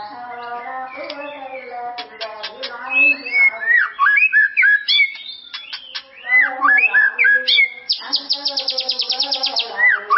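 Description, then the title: White-rumped shama song of clear whistled swoops and chatter, ending in a fast run of sharp repeated notes, with a constant low harmonic hum beneath. "murai batu"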